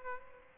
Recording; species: mosquito wingbeat signal from an infrared sensor; Aedes aegypti